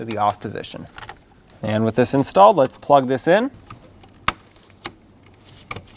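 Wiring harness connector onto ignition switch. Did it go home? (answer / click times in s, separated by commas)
yes / 4.3 s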